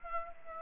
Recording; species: mosquito wingbeat signal from an infrared sensor; Aedes aegypti